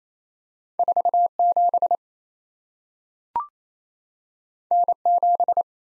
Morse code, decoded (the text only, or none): 47 N7